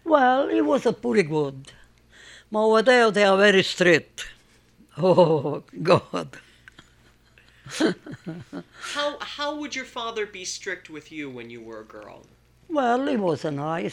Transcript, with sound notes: Well, he was pretty good. Over there, they are very strict. Oh, God! ( she laughs )
How would your father be strict with you when you were a girl?
Well, he was nice.